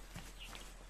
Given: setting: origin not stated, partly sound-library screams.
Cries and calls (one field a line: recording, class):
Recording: one-second piece from a danger detection set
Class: normal situation